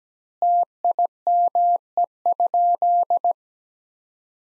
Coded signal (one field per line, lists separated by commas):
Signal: Morse code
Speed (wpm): 17 wpm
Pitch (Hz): 700 Hz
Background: none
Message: TIME?